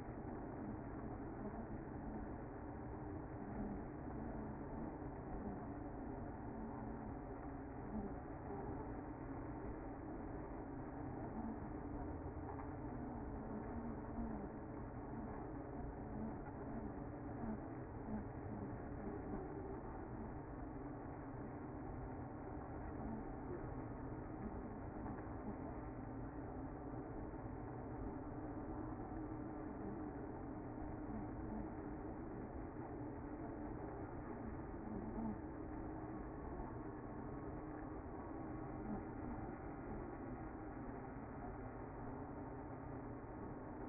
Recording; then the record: honeybee colony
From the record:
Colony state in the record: active